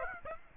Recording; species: mosquito wingbeat signal from an infrared sensor; Aedes aegypti